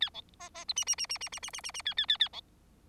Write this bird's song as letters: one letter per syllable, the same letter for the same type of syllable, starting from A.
A B C C D E E E E E E E E E E A A A A B